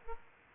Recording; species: mosquito wingbeat signal from an infrared sensor; Aedes aegypti